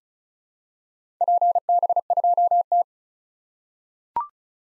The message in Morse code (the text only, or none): PB2T